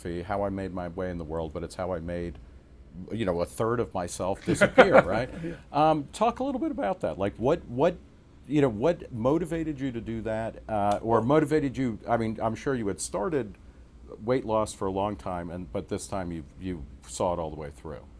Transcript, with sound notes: How I made my way in the world, but how I made, you know, a third of myself disappear, right?
*laughs* Yeah.
Talk a little bit about that. Like, what—You know, what motivated you to do that, or motivated you—I mean, I'm sure you had started weight loss for a long time, but this time you saw it all the way through.